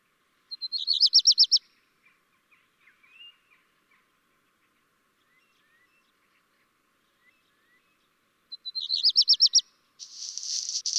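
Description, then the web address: Black redstart song: a quick run of high whistled notes, a long near-silent gap with faint soft notes, then the same run again followed by a scratchy hissing burst. "chant xeno-canto rougequeue noir"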